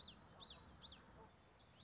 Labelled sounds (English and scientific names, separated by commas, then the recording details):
Common Yellowthroat (Geothlypis trichas)
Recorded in Sonoma County, California